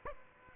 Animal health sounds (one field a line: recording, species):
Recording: mosquito wingbeat signal from an infrared sensor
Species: Aedes aegypti